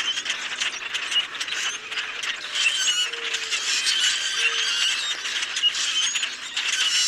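A crowd of Common grackles produces a ceaseless jumble of scratchy squeals and thin whistles; a few short low tones slip in mid-way.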